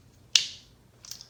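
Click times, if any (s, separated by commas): 0.4 s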